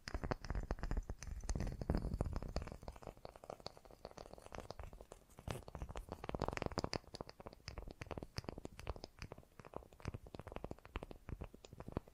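Fast, gentle tapping runs through the whole twelve seconds as a dense, uneven patter of soft knocks and clicks. Bursts come in quick clusters, a little fuller and heavier around the second and seventh seconds, with a low, muffled rumble underneath.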